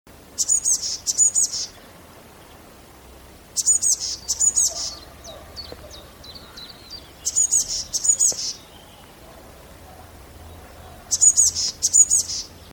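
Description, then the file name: Eurasian blue tit calling: very high, buzzy double notes in four bursts about every four seconds, with a short run of thin, quick notes after the second burst. "Cyanistes caeruleus"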